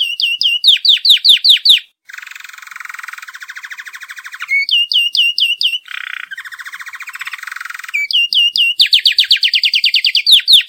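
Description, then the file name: Canary song made of rapid repeated sweeping notes alternating with long buzzy rolled trills, with a short silent pause near two seconds, ending in a quick series of repeated notes. "canary bird"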